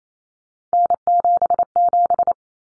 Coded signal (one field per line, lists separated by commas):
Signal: Morse code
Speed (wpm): 28 wpm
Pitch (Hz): 700 Hz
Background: none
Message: N77